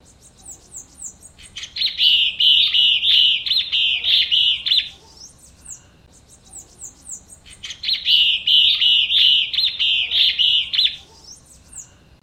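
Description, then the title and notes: Yellow-bellied elaenia song: two bursts of rapidly repeated harsh notes separated by a pause, with fainter higher chirps throughout. Song gives rise to local names such as maria-é-dia, maria-já-é-dia and maria-acorda. "guaracava de barriga amarela. Casa dos Pássaros"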